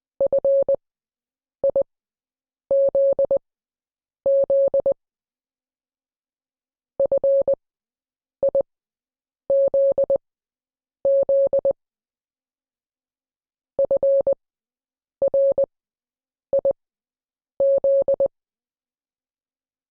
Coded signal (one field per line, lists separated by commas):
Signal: Morse code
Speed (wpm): 20 wpm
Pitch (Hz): 550 Hz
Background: none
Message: FIZZ FIZZ FRIZ